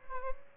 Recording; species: mosquito wingbeat signal from an infrared sensor; Aedes albopictus